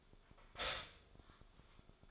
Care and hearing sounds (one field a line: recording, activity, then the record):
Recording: daily activity, microphone in the room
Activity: stop toaster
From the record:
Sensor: 5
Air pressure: 1014.8 hPa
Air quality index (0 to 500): 200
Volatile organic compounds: 9 ppm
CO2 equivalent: 2127 ppm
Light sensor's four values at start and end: 15/36/14/13 and 15/36/14/13